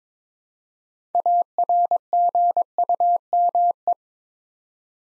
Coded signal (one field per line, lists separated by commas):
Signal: Morse code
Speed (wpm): 22 wpm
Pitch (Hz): 700 Hz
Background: none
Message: ARGUME